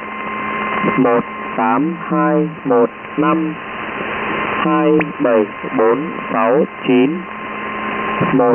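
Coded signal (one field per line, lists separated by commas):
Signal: numbers station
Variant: V30, Vietnamese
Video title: Numbers Station, Vietnamese, V30, 10255 kHz, USB Mode, December 23, 2013, 1559 UTC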